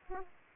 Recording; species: mosquito wingbeat signal from an infrared sensor; Aedes aegypti